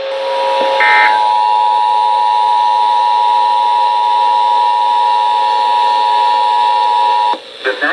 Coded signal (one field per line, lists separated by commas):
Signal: Emergency Alert System (SAME) tones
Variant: 853 and 960 Hz attention tone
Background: speech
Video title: THUNDER HERE, THUNDER THERE! EAS Alerts from 6/13/17 (EAS #233 - 260)